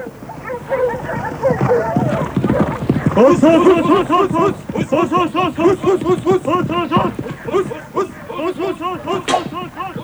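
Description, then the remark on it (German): A pack of hunting dogs chasing a wild boar with hunters on horseback, in a forest where Lüneburg, Germany, now lies, on a hot, sunny day, barks and whimpers nonstop, their high, overlapping yelps and baying cries tumbling over one another in a loud, rapid, ragged rhythm. “Vor langer, langer Zeit, weit über 1000 Jahre ist es her, da streiften an einem heißen, sonnigen Tag Jäger zu Pferde durch einen Wald, wo heute die Stadt Lüneburg liegt, und hetzten mit ihren Hunden ein Wildschwein.”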